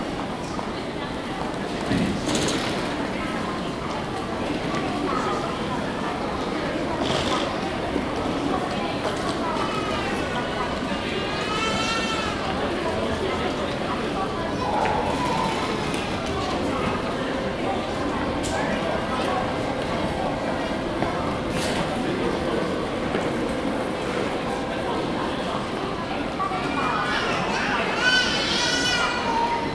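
Lower levels of a busy train station, filled with a dense, steady murmur of many overlapping voices. Footsteps and scattered clicks break through now and then, a child's high voice rises around 12 and 29 seconds, and a thin tone hums midway through.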